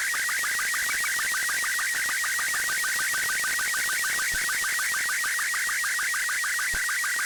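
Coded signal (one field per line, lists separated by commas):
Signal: SSTV (slow-scan television)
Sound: warbling, chirping tone with a rapid regular tick, steady throughout, under hiss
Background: radio static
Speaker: and there you have it. An image from space.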